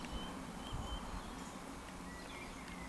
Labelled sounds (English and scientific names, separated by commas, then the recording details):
Eurasian Woodcock (Scolopax rusticola) whistle
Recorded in Baden-Württemberg, Germany, on 14 June 2020 at 19:43 UTC
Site 14569, 102 m above sea level